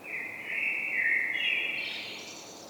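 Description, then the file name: Common blackbird song phrase: a mellow, wavering fluted warble that breaks into a high, scratchy twitter at the end, with soft hiss behind. "Turdus merula"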